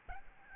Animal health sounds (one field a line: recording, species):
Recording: mosquito wingbeat signal from an infrared sensor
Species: Aedes albopictus